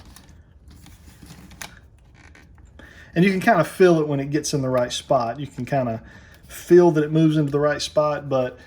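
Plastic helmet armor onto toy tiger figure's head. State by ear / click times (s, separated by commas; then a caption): not seated / none. A plastic helmet armor piece is pushed down over the top of the head of a 2020 Masters of the Universe Origins Battle Cat toy tiger figure, making a few faint plastic taps and scrapes in the first three seconds, sharpest near 1.6 s, before someone talks. The helmet moves into place but stays shaky and does not lock onto the head; nothing has seated or clicked yet.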